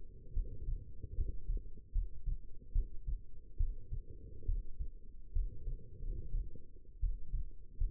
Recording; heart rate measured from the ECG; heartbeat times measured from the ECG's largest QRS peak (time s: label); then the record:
heart sounds by stethoscope; 73 bpm
0.33 s: heartbeat
1.14 s: heartbeat
1.92 s: heartbeat
2.72 s: heartbeat
3.57 s: heartbeat
4.45 s: heartbeat
5.32 s: heartbeat
6.01 s: heartbeat
6.99 s: heartbeat
7.78 s: heartbeat
From the record:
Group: healthy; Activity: rest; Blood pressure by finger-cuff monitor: 112/72 mmHg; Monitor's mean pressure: 85 mmHg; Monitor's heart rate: 72 bpm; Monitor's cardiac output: 6.1 L/min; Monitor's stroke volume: 86 mL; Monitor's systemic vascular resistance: 1000 dyn s/cm5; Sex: female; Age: 22 years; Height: 171 cm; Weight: 65.6 kg